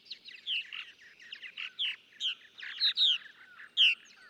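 Purple martin song with throaty, liquid chirps and croaks in short bursts, punctuated by a few loud, squeaky whistled notes.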